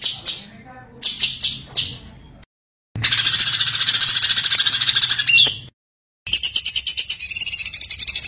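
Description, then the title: White-eye singing in fast, high, buzzy trills: short stuttered phrases, then a long steady run, then another run after a gap. Masteran (tutor recording) of a gacor, continuously singing white-eye, with full tembakan bursts. "Masteran Burung Pleci Gacor Full Tembakan"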